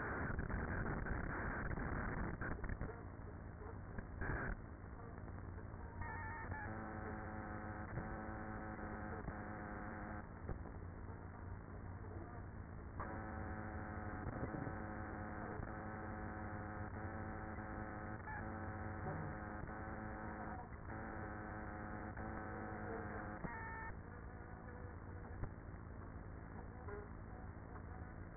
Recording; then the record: honeybee colony, microphone inside the hive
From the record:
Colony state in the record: queenless with a low population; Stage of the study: after two queens were removed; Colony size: about 30,000 bees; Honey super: no